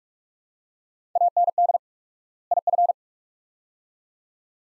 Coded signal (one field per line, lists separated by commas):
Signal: Morse code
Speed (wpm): 46 wpm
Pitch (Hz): 700 Hz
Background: none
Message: AND IF